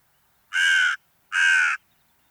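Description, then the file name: Carrion crow giving two harsh, raspy caws in quick succession, with silence around them. "Corvus corone"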